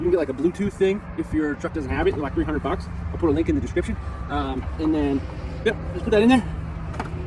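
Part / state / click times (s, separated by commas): trailer wiring plug into truck tow socket / seated / 7.0 s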